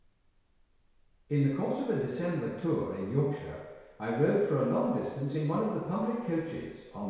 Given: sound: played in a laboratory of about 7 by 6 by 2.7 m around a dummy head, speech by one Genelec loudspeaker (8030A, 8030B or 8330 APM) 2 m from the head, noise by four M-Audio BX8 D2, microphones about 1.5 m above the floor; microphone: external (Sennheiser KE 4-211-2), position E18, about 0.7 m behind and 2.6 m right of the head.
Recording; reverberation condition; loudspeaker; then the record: male speech in English; high; 90 degrees to the right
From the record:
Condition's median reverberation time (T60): about 1300 ms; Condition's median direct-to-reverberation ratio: about -4.0 dB